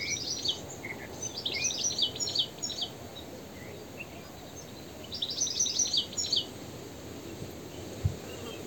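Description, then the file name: European goldfinch twittering, tinkling clusters of quick high notes in short bursts, with a steady low background rumble. "Carduelis carduelis"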